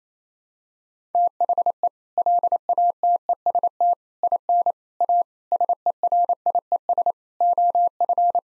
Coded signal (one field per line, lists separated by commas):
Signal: Morse code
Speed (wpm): 28 wpm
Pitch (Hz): 700 Hz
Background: none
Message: THE LATEST IN A SERIES OF